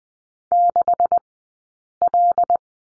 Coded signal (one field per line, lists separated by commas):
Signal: Morse code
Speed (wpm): 20 wpm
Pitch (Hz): 700 Hz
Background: none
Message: 6L